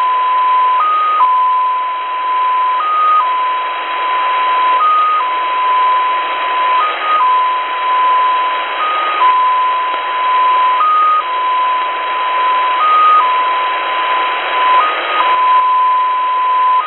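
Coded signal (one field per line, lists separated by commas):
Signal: numbers station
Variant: XPA2 polytone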